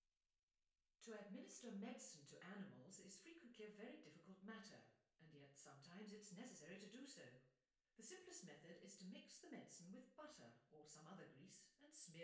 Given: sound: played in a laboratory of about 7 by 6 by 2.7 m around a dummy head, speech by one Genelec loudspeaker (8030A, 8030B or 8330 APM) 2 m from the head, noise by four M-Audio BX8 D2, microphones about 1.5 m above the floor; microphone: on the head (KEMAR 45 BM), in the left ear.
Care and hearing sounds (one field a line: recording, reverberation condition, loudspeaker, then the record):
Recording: female speech in English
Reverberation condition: medium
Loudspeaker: 90 degrees to the right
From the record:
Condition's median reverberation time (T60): about 510 ms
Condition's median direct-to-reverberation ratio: about -0.5 dB